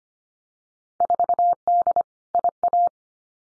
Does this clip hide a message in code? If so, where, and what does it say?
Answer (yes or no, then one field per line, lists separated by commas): yes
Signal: Morse code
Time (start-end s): 1.0-2.9 s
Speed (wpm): 25 wpm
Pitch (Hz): 700 Hz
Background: none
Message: 4D IA